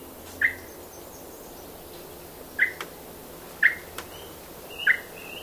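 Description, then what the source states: Bird chirps: four short sharp chirps at irregular intervals over a quiet background. Bird chirping in a swamp.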